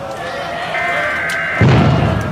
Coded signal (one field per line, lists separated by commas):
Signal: Emergency Alert System (SAME) tones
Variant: header bursts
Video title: The 1,000 (An EAS Special Scenario)